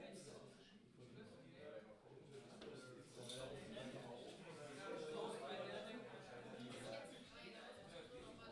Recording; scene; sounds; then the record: everyday scene through a hearing-aid microphone; many people talking; many voices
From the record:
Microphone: in the ear canal, left